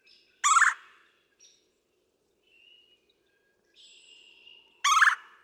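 Red-bellied woodpecker churring twice, a burry rolled call at the start and again after about four seconds, with thin whistles of other birds between.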